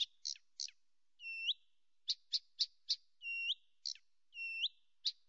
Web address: birds acrocephalus dumetorum dumetorum